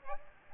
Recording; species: mosquito wingbeat signal from an infrared sensor; Aedes aegypti